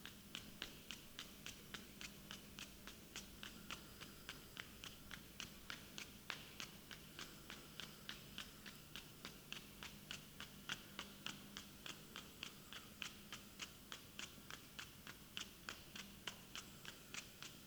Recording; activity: daily activity, guitar pickup as the sensor; run